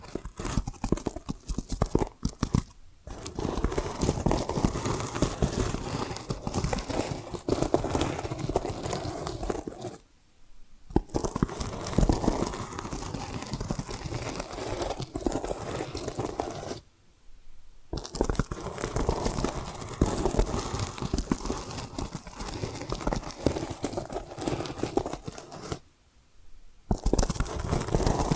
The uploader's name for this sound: Hypnotic Tapping & Scratching Sounds